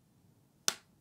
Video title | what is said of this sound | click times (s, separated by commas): Considering Bellroy Card Pocket or Bellroy Mini Folio? Watch this first! | the famous ow at the front and when you pull it apart it's got this nice satisfying click where the coins go | 0.7 s